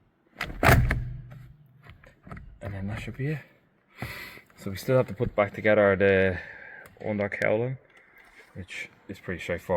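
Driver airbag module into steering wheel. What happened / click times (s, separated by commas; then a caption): The airbag module snapped into the steering wheel / 0.4 s, 0.9 s. A driver airbag module on a VW Jetta/Golf is pushed by hand into the steering wheel hub, and two sharp, loud clicks at 0.4 s and 0.9 s mark its spring clips engaging. The module is seated, and then someone talks.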